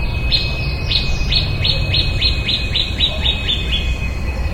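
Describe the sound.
Bird calls: a rapid series of about a dozen short, sharp downward-sweeping notes, slightly speeding up, over a steady low rumble.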